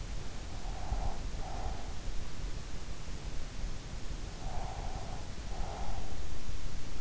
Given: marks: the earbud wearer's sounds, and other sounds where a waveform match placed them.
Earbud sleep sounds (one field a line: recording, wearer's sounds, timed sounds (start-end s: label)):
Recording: sounds in sleep by an in-ear microphone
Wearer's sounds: breath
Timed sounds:
0.47-1.89 s: breath
3.64-6.61 s: breath